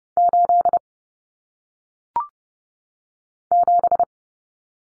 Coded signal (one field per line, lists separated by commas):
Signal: Morse code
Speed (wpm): 30 wpm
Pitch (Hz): 700 Hz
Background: none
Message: 8 7